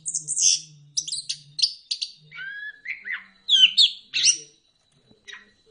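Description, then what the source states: Bird song beginning with very high squeaky notes, then lower drawn-out whistles and buzzy chirps, ending in near silence. Bird chirping song played for training and mastering pet birds.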